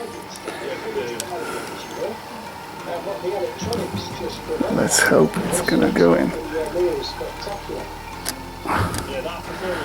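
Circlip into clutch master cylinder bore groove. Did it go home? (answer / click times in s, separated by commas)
yes / 8.3 s, 9.0 s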